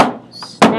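An unnamed part is pushed onto a Dell desktop computer during assembly. After a fading broadband sound at the start and a quieter stretch, one loud, sharp snap comes at 0.6 s as the part seats into place.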